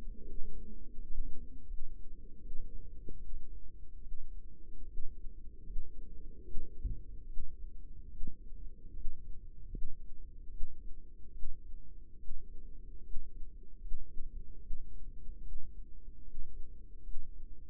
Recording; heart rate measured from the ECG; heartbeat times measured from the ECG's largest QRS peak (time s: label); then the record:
heart sounds by microphone in the right ear; 75 bpm
0.20 s: heartbeat
0.93 s: heartbeat
1.64 s: heartbeat
2.38 s: heartbeat
3.16 s: heartbeat
3.99 s: heartbeat
4.83 s: heartbeat
5.62 s: heartbeat
6.41 s: heartbeat
7.24 s: heartbeat
8.07 s: heartbeat
8.91 s: heartbeat
9.68 s: heartbeat
10.47 s: heartbeat
11.30 s: heartbeat
12.15 s: heartbeat
12.99 s: heartbeat
13.77 s: heartbeat
14.57 s: heartbeat
15.38 s: heartbeat
16.20 s: heartbeat
16.99 s: heartbeat
From the record:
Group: healthy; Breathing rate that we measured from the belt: 15 breaths a minute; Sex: female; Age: 22 years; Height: 171 cm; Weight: 65.6 kg